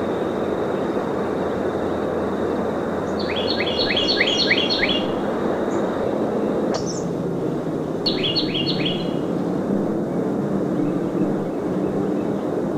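Northern cardinal song: two short bursts of rapid whistled notes against a constant background rumble and a thin steady tone.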